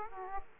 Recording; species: mosquito wingbeat signal from an infrared sensor; Aedes aegypti